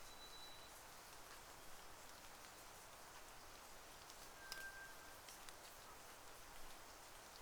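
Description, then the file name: White's thrush song: a faint high whistle at the start, then a brief lower steady whistle midway, against rain-like patter and hiss. Recorded at night, 02:44, on 31 May 2009. "toratugumi-20090531-0244"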